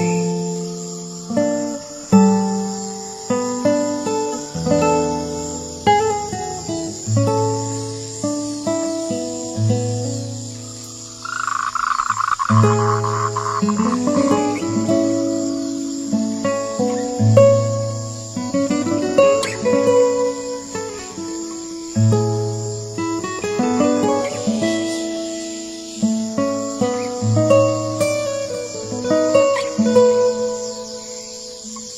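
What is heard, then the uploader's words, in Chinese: A summer-night insect chorus, cicadas, holds a steady high, thin drone through the whole recording. Over it, sustained melodic notes play in the low and middle range, with a deep bass and a brighter swell around eleven seconds, rising and fading in phrases. 3D自然音乐。夏夜+蝉叫。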